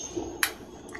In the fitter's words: there you go just clicked in place